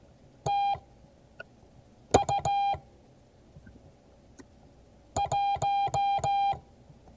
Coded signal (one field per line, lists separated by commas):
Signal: Morse code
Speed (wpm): 16 wpm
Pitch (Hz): 800 Hz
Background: none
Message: TU 1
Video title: Morse code class 2022 11 16